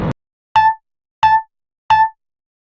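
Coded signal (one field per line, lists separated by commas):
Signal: none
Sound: cartoon sound effect beeps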